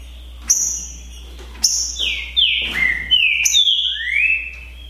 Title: Esse É PERFEITO Para ESQUENTAR Seu TRINCA Piando, Cantando E Macheando Na DISPUTA. ISSO SIM!! É UMA DISPUTA DE TRINCA FERRO PERFEITA!! NAVAL VS DEMOLIDOR 2022! TEMPORADA 2022!